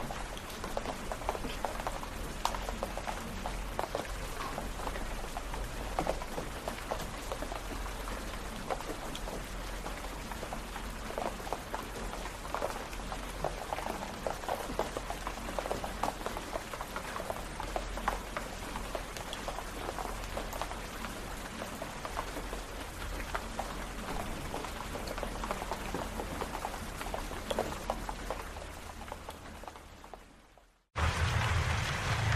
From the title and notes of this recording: 4 Hours of Serene Rain.